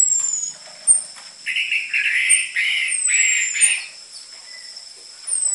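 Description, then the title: Orange-headed thrush giving a series of five buzzy, rasping notes about half a second apart, with thin falling whistles and a steady high-pitched whine behind. Lure recording for training caged orange-headed thrushes; prolific singing with dense fill material, suited as master song for the spotted Trotol form. "PANCINGAN Anis Merah Gacor Materi Isian Rapat Cocok Untuk MASTERAN Anis Merah TROTOL"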